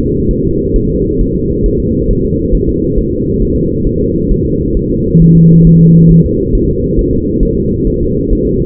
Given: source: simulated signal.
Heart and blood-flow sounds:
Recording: fetal heart sounds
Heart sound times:
0.00 s: S2
0.31 s: S1
0.45 s: S2
0.76 s: S1
0.90 s: S2
1.21 s: S1
1.35 s: S2
1.66 s: S1
1.80 s: S2
2.10 s: S1
2.25 s: S2
2.55 s: S1
2.69 s: S2
2.98 s: S1
3.12 s: S2
3.42 s: S1
3.56 s: S2
3.87 s: S1
4.01 s: S2
4.31 s: S1
4.45 s: S2
4.77 s: S1
4.91 s: S2
5.22 s: S1
5.36 s: S2
5.67 s: S1
5.81 s: S2
6.11 s: S1
6.26 s: S2
6.55 s: S1
6.69 s: S2
6.99 s: S1
7.13 s: S2
7.43 s: S1
7.57 s: S2
7.87 s: S1
8.01 s: S2
8.33 s: S1
8.47 s: S2
From the record:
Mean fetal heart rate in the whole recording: 135 bpm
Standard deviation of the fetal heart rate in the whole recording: 3 bpm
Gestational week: 36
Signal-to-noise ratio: -10.2 dB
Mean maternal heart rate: 72 bpm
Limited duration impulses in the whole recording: present

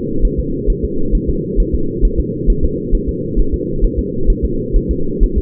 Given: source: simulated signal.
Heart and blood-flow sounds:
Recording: fetal heart sounds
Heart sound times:
0.25 s: S1
0.40 s: S2
0.70 s: S1
0.84 s: S2
1.15 s: S1
1.29 s: S2
1.60 s: S1
1.75 s: S2
2.05 s: S1
2.20 s: S2
2.50 s: S1
2.64 s: S2
2.95 s: S1
3.09 s: S2
3.39 s: S1
3.54 s: S2
3.84 s: S1
3.99 s: S2
4.30 s: S1
4.45 s: S2
4.76 s: S1
4.91 s: S2
5.23 s: S1
5.38 s: S2
From the record:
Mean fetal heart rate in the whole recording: 130 bpm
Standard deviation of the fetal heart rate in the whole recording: 4 bpm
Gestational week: 38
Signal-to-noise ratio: -8.1 dB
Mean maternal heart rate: 72 bpm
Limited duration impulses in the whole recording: absent

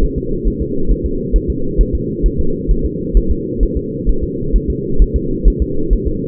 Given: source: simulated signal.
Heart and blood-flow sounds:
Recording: fetal heart sounds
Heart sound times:
0.04 s: S1
0.18 s: S2
0.48 s: S1
0.62 s: S2
0.92 s: S1
1.06 s: S2
1.36 s: S1
1.50 s: S2
1.81 s: S1
1.95 s: S2
2.26 s: S1
2.40 s: S2
2.71 s: S1
2.85 s: S2
3.17 s: S1
3.31 s: S2
3.63 s: S1
3.77 s: S2
4.09 s: S1
4.24 s: S2
4.56 s: S1
4.70 s: S2
5.02 s: S1
5.16 s: S2
5.48 s: S1
5.62 s: S2
5.93 s: S1
6.07 s: S2
From the record:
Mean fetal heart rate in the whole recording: 135 bpm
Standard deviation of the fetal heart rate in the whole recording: 3 bpm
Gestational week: 36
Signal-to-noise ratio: -8.1 dB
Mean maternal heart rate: 72 bpm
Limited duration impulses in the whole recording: absent

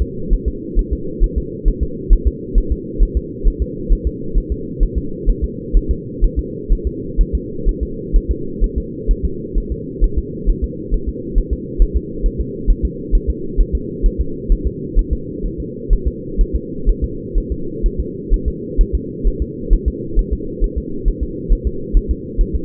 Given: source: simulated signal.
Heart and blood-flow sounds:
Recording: fetal heart sounds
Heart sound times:
0.02 s: S2
0.34 s: S1
0.48 s: S2
0.79 s: S1
0.93 s: S2
1.24 s: S1
1.38 s: S2
1.68 s: S1
1.83 s: S2
2.13 s: S1
2.27 s: S2
2.58 s: S1
2.72 s: S2
3.03 s: S1
3.17 s: S2
3.48 s: S1
3.62 s: S2
3.92 s: S1
4.07 s: S2
4.38 s: S1
4.52 s: S2
4.83 s: S1
4.98 s: S2
5.30 s: S1
5.44 s: S2
5.77 s: S1
5.91 s: S2
6.24 s: S1
6.39 s: S2
6.73 s: S1
6.87 s: S2
7.21 s: S1
7.35 s: S2
7.69 s: S1
7.83 s: S2
8.16 s: S1
8.31 s: S2
8.64 s: S1
8.78 s: S2
9.11 s: S1
9.25 s: S2
9.58 s: S1
9.72 s: S2
10.04 s: S1
10.18 s: S2
10.49 s: S1
10.64 s: S2
10.94 s: S1
11.09 s: S2
11.38 s: S1
11.53 s: S2
11.82 s: S1
11.97 s: S2
12.26 s: S1
12.41 s: S2
12.70 s: S1
12.85 s: S2
13.15 s: S1
13.30 s: S2
13.61 s: S1
13.75 s: S2
14.06 s: S1
14.21 s: S2
14.52 s: S1
14.67 s: S2
14.99 s: S1
15.13 s: S2
15.46 s: S1
15.60 s: S2
15.93 s: S1
16.08 s: S2
16.41 s: S1
16.55 s: S2
16.89 s: S1
17.04 s: S2
17.38 s: S1
17.52 s: S2
17.86 s: S1
18.00 s: S2
18.34 s: S1
18.48 s: S2
18.81 s: S1
18.95 s: S2
19.27 s: S1
19.42 s: S2
19.73 s: S1
19.88 s: S2
20.19 s: S1
20.33 s: S2
20.64 s: S1
20.78 s: S2
21.08 s: S1
21.23 s: S2
21.53 s: S1
21.67 s: S2
21.97 s: S1
22.11 s: S2
22.41 s: S1
22.55 s: S2
From the record:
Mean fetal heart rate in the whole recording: 130 bpm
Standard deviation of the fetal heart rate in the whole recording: 2 bpm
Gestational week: 38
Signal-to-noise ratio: -4.3 dB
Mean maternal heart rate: 72 bpm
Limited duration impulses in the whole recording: absent

